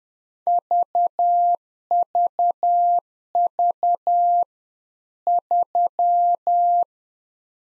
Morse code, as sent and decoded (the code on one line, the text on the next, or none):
...- ...- ...- / ...--
VVV 3